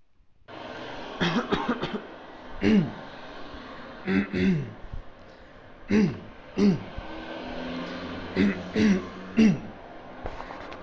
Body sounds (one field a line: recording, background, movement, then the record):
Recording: throat clearing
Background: traffic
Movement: sitting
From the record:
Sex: male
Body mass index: 21.0 kg/m2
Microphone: on the chest, facing outward